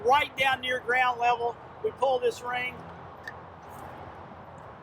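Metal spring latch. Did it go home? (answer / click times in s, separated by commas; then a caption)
released / 3.3 s. Someone talks while pulling a ring near ground level on a ring-operated spring-latch release holding a hidden cache container in a hole. At 3.3 s a single sharp hit is heard as the latch lets go and the cache container drops out of its hole, followed by a steady low background hiss.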